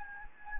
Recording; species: mosquito wingbeat signal from an infrared sensor; Anopheles gambiae